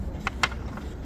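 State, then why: Torque reached. A click-type torque wrench with a 13 mm socket tightens the small alternator mounting bolt. Two short, sharp clicks sound at 0.3 s and 0.4 s over a steady low background. The wrench breaks over at its setting.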